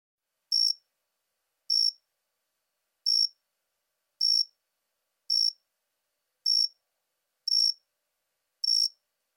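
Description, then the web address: Jumping bush cricket song: short, bright, high-pitched chirps repeated steadily about once every second and a quarter, eight in all, with silence between. "Crickets and Katydids. Jumping Bush Cricket, Orocharis saltator"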